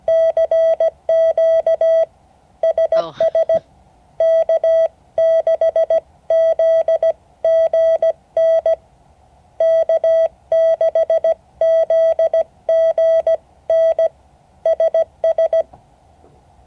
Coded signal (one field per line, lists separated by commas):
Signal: Morse code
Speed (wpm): 17 wpm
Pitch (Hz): 650 Hz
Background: none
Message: CQ SS K6ZGN K6ZGN SS